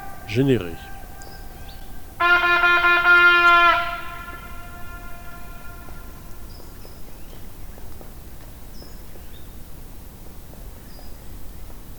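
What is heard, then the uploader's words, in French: A hunting horn sounds one bright, steady note for about a second and a half, starting around two seconds in, and its ring fades slowly into the mountain air over the next couple of seconds. A brief wavering call comes first, and faint chirps dot the quiet background. Valdrôme - Nagra Seven - B&K omni. Pour une fois je ne peut m'empêcher de partager cette rencontre avec un chasseur à la Bécasse (qui ne m'a pas vu) et qui en fin de matinée semblait avoir des difficultés à retrouver son chien. C'est avant tout l'écho dans la montagne de la trompe de chasse qui m'a ce jour intéressée.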